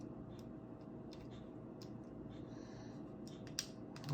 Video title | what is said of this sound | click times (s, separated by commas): iPhone 7 Screen replacement | you'll hear a positive snap same | 3.6 s